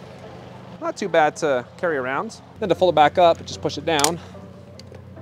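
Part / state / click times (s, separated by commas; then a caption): scooter stem folding latch into the deck hinge / seated / 4.8 s. Someone talks about carrying an OKAI Neon Pro electric scooter, then pushes its stem down so the folding latch seats into the deck hinge and locks upright. A sharp click is heard at 4.8 s, followed by a softer knock just after.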